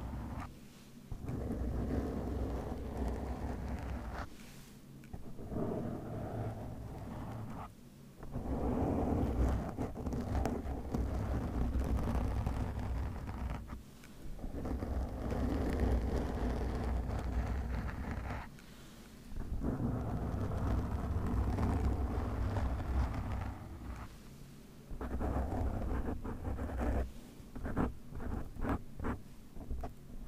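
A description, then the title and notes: Mic scratching and rubbing, a dense low rumbling scrape that runs in long stretches of several seconds, broken by brief quieter gaps near 4, 8, 14, 19 and 25 seconds. Toward the end the scraping turns choppier, with quick separate strokes. Different Mic Scratching & Rasierschaum.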